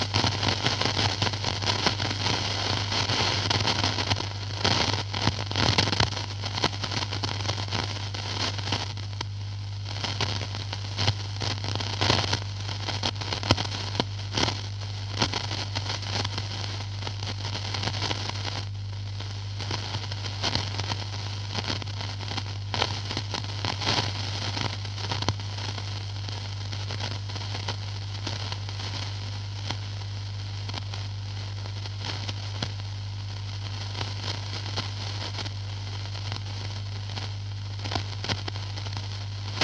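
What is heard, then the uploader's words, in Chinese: An old radio tuned between stations gives off a steady, dense hiss laced with rapid crackles and pops throughout. A low, constant hum sits underneath. Bursts of sharper static cluster around 5, 12–14 and 18–24 seconds, then settle into a more even crackle. 录了一段海燕T241老式收音机调频噪音。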